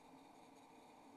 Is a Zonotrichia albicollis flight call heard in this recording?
no